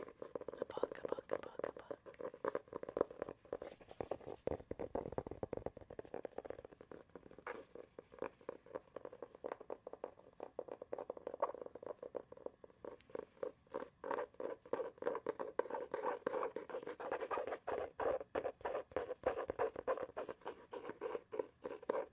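Rapid tapping and scratching runs through the whole stretch, a dense stream of quick, crisp clicks with no real pauses. The sound centers on a mid-range rustle, with a brief deeper, rougher scrape around five seconds, and the tapping grows busier toward the end.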